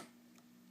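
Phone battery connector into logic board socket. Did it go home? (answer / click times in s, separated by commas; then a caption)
yes / 0.4 s. A phone battery's connector, from an iPhone 4, is pressed by hand into its socket on the logic board. A short, faint tick-like click sounds at 0.4 s over a steady low hum as the connector locks in place and seats.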